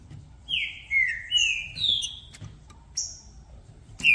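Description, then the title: Green-winged saltator song phrase of four loud, downslurred whistles rising stepwise, followed by high chirps and a loud final whistle. Recording played to warm up a contest bird so it calls, sings and acts male-aggressive; the recorded bird is called brave, switching between several song types, best for opening the song. "Esse É PERFEITO Para ESQUENTAR Seu TRINCA Piando, Cantando E Macheando Na DISPUTA. Trinca Ferro VALENTE! VIRANDO VARIOS TIPOS DE CANTOS!! Melhor para ABRIR O CANTO!!"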